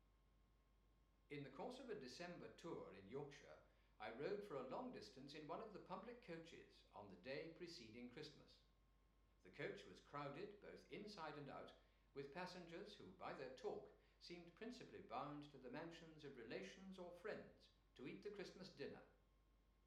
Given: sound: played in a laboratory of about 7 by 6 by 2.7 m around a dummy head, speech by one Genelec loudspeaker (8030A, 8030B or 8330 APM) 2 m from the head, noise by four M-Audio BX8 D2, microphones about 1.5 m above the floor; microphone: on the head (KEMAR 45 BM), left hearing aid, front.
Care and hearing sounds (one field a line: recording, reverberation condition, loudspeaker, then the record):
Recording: male speech in English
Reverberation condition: medium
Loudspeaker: 90 degrees to the left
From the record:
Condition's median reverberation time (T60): about 510 ms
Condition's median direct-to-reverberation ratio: about -0.5 dB